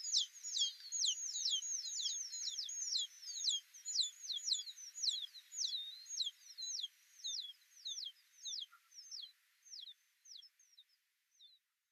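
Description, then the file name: Alpine accentor song, a high rapid twittering trill that gradually slows into spaced single notes and fades out near the end. Recorded at Norikura on 24 August 2021. "iwahibarin 210824 norikura kuroda"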